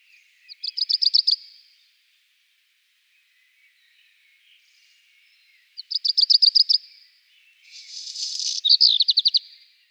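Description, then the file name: Black redstart song: two bursts of rapid, evenly spaced high rattling notes, then a scratchy, crackling phrase with a few clear notes at the end. "Phoenicurus ochruros. Trilar"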